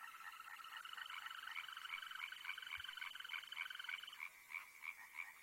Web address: Tajemnice puszczy Ropucvha zielona